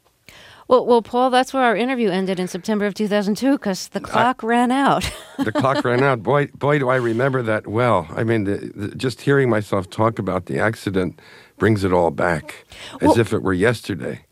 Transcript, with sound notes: Well, Paul, that's where our interview ended in September of 2002 'cause the clock ran out (laughter).
The clock ran out. Boy, do I remember that well. I mean, just hearing myself talk about the accident brings it all back as if it were yesterday.